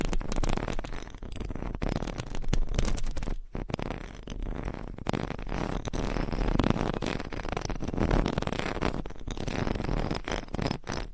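Mic scratching, a dense, continuous rasping and rustling that fills the whole clip with little pause. The texture shifts constantly, with brief dropouts near 3.5 seconds and sharp crackling clicks scattered throughout, over a low rumbling undertone.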